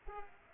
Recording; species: mosquito wingbeat signal from an infrared sensor; Culex pipiens